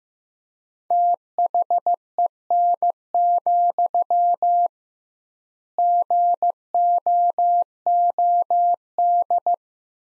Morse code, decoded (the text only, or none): THEN, GOOD